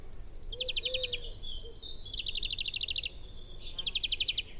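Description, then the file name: European greenfinch giving three quick, rattling high trills of rapid repeated notes, with softer low whistled notes early on. "Chloris chloris"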